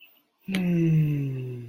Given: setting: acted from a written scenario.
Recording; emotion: vocal sound without words; romantic love